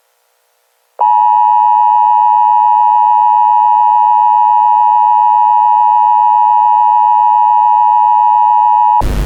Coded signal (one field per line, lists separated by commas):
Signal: Emergency Alert System (SAME) tones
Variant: 853 and 960 Hz attention tone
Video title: EAS - The Phantom Cunt knocks out Saint Claire County's power and asserts his dominance